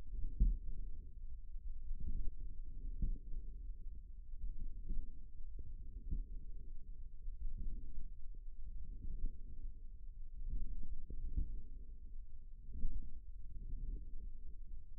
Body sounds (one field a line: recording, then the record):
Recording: forearm muscle sounds (acoustic myography)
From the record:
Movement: forearm supination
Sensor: system 1, eight BSWA MPA416 microphones around the upper forearm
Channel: 8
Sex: male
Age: 54 years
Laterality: right